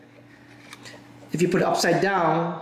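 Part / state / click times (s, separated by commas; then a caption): SIM card into 4G router SIM slot / not seated / none. A SIM card is slid in backwards into the SIM slot of a MOFI4500 4G LTE router, with only a low steady hum and a faint brief tap near 0.7 s before someone starts talking at about 1.3 s. The backwards card just goes in with no click, so nothing has seated or clicked.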